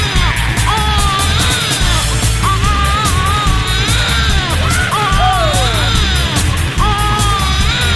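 Repeated high, rising-and-falling wails, about one every few seconds, over a loud, steady low rumble and a rhythmic background: a newborn baby's cry.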